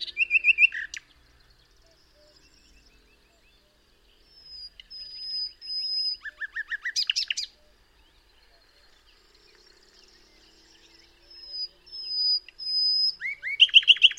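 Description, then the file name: Common nightingale song: loud rattling phrases alternate with pauses and long, pure, high whistled notes that swell and repeat before the next burst of rapid chattering. "Luscinia megarhynchos"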